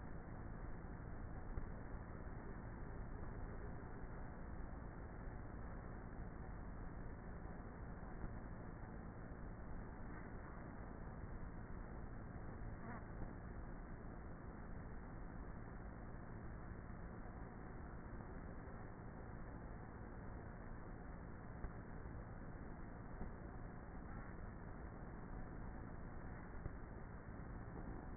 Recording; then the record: honeybee colony, microphone inside the hive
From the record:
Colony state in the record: queenless with a low population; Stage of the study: before two queens were removed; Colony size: about 30,000 bees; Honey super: no